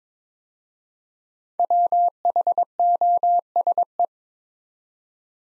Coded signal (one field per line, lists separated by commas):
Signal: Morse code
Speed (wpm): 22 wpm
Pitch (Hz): 700 Hz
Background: none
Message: WHOSE